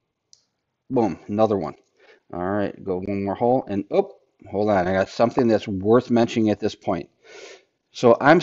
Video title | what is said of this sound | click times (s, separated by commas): Take “Leave n Learn” Session 3 Part 1 | I'm listening for it now right boom | 0.3 s